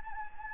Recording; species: mosquito wingbeat signal from an infrared sensor; Anopheles gambiae